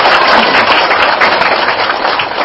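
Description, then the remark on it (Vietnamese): A crowd at Tường Quang monastery in Australia claps steadily to welcome a visiting Buddhist lecturer, a dense, continuous round of applause, loud and even throughout with no voices over it. “Xin tất cả đại chúng hoan hỷ cho một tràng pháo tay để chứng minh Thượng Tọa.”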